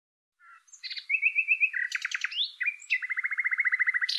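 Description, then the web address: Bird singing a varied phrase of chirps, then a fast even trill, a bending note, and a long rapid buzzy trill ending in a high squeak. "Deverinetal 2025"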